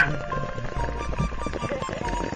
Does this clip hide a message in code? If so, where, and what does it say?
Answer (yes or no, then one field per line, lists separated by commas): no